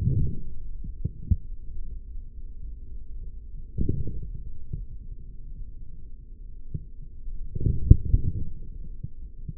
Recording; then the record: forearm muscle sounds (acoustic myography)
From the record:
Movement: forearm supination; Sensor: system 3, bracelet of six PUI Audio POM-2738L microphones around the upper forearm, with dedicated amplification and filtering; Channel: 4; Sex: male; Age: 43 years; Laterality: right